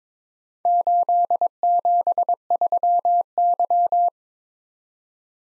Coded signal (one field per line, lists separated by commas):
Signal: Morse code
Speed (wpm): 23 wpm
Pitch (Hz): 700 Hz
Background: none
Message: 873Y